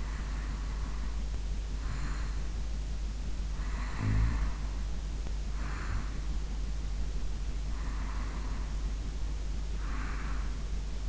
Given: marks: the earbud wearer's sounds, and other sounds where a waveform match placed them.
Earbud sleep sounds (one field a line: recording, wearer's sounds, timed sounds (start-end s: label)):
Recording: sounds in sleep by an in-ear microphone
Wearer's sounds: breath, snoring breath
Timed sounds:
0.00-2.43 s: breath
3.52-6.55 s: snoring breath
7.73-11.09 s: breath